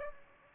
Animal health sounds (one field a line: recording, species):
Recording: mosquito wingbeat signal from an infrared sensor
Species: Aedes aegypti